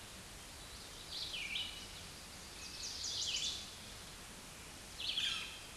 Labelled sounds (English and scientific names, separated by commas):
Red-eyed Vireo (Vireo olivaceus) song